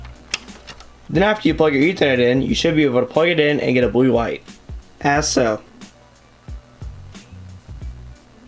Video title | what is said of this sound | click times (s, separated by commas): Google Wifi Unboxing and Setup | little part right here is facing outwards and so you'll you should hear a little snap but it goes and right then | 0.3 s